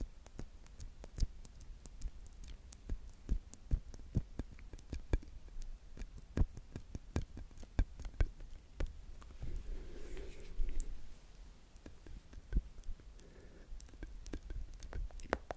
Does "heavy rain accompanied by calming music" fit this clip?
no